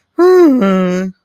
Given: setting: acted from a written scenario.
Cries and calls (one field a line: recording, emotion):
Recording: vocal sound without words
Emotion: sadness